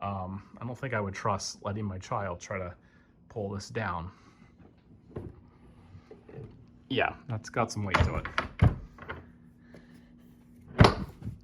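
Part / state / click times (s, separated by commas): fold-down bed into its wall cabinet latch / not seated / none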